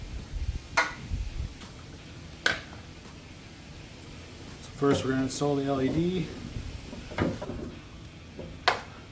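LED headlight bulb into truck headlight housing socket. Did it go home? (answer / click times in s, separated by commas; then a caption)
yes / 8.7 s. An LED headlight bulb is inserted and twisted into the socket of a plastic truck headlight housing while someone talks. Scattered sharp knocks and handling noises lead up to a final sharp hit at 8.7 s, when the bulb locks into place.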